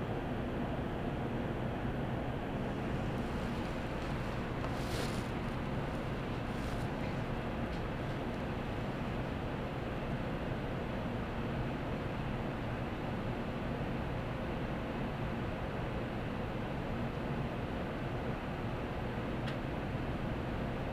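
Cabin sound aboard a Kodama on the Tokaido Shinkansen between Nagoya and Toyohashi: a steady, dense low rumble and hiss that barely changes over the whole stretch. Between about five and eight seconds a few brief brighter rattles cut through, and a faint thin click comes near the end.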